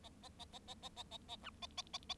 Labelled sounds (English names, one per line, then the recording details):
Bengalese Finch song
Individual Bird7